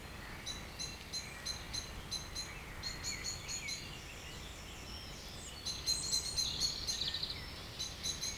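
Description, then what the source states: Birds singing, one bird giving rapid bursts of sharp repeated high notes, with other chirping birds joining near the end. Evening village birds in Tregastel bourg, Pleumeur-Bodou, France; around 8 pm, humid weather, April 2019; recorded with MKH 8040 ORTF pair, Rycote, Zoom H5.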